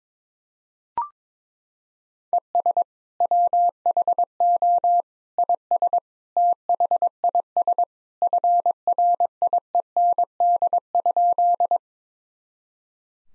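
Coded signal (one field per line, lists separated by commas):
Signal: Morse code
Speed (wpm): 22 wpm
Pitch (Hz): 700 Hz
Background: none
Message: ES WHO IS THIS FRIEND?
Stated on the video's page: Morse practice sentences from the top 300 words and abbreviations at 22 wpm, each sent, then spoken, then sent again, for head-copy.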